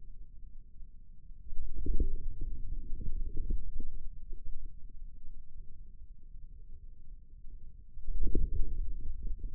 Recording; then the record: forearm muscle sounds (acoustic myography)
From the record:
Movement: inward rotation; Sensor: system 2, bracelet of six BSWA MPA416 microphones around the upper forearm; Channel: 1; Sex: male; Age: 22 years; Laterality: right